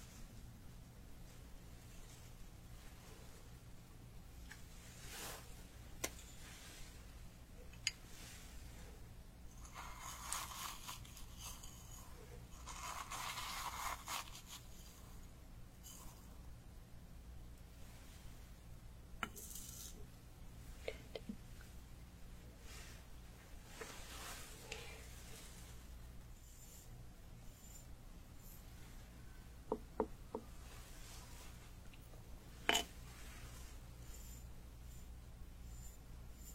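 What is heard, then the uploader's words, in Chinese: Traditional Chinese medicine being prepared and pounded for ASMR: soft rubbing, scraping and rustling come in bursts, thickest between about 10 and 15 seconds. Sharp knocks and taps punctuate it, one louder around 33 seconds, over a steady low hum. 中医配药、捣药触发音。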